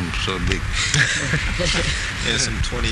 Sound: laughter

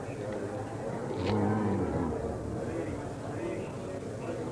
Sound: briefly softly hums

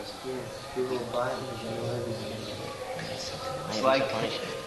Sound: devotees exclaiming among themselves about books

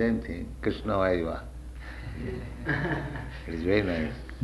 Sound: laughter

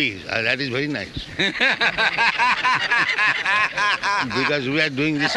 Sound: laughter

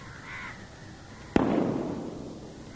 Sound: loud sounds of thunder

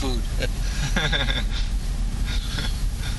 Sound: laughter

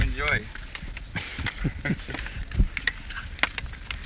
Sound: chuckles

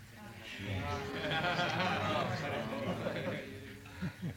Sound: laughter

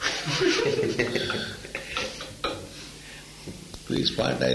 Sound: laughter

